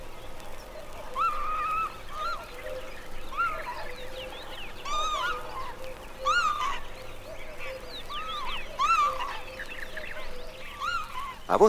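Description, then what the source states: Northern Lapwing calls: several wheezy, arching notes given irregularly by more than one bird. Lapwings calling as they fly at an approaching person.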